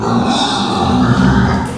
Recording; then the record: squeal of a Yucatan mini pig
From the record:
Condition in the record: after surgery on the right vocal fold (resection and tissue-engineered implant); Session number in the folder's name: 13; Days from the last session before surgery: 113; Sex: female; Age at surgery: 19 weeks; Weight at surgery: 25 kg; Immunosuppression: prednisolone